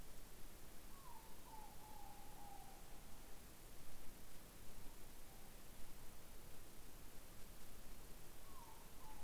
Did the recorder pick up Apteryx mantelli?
no